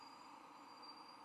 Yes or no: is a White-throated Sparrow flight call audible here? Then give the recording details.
no. No flight call is heard. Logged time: 09:08 on 10 November 2014